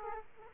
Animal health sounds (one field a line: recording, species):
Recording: mosquito wingbeat signal from an infrared sensor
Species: Aedes aegypti